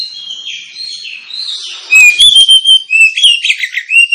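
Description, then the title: Oriental magpie-robin singing, a soft high rambling warble giving way after two seconds to loud, sharp whistled phrases with rapid slurs. Lure of an Oriental magpie-robin (kacer) in loud, continuous song, used to provoke other kacer birds into singing and fighting. "Kacer Langsung Tarung Konslet KACER NGOTOT FULL TEMBAKAN. Kacer dimana SAJA Bakalan NGEPLONG GACOR dengan Pancingan Kacer ini"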